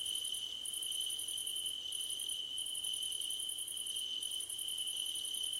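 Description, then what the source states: Crickets chirping in high, rapid pulsed bursts of varying length with short gaps, over a steady, unbroken high insect drone. Crickets at night under a starlit sky; nighttime ambience.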